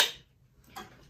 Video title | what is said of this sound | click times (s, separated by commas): BOS 2 Components | slide the back back line till you hear a click then you know you're ready to go | 0.0 s